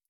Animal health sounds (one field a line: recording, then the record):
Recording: hydrophone in a shrimp aquaculture tank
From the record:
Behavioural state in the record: feeding